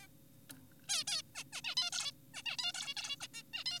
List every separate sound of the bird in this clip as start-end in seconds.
0.02-0.07, 0.89-1.04, 1.08-1.22, 1.35-1.44, 1.53-1.61, 1.64-1.75, 1.77-1.90, 1.92-2.12, 2.34-2.42, 2.46-2.57, 2.59-2.72, 2.74-2.94, 2.97-3.16, 3.21-3.28, 3.34-3.43, 3.54-3.64, 3.66-3.80